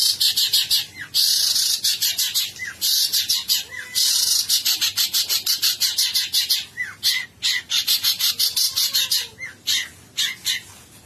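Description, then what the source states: Long-tailed shrike song: rapid series of harsh, scratchy, high-pitched bursts, broken by brief pauses, with a few faint lower whistled notes. Song style called kombinasi (combination).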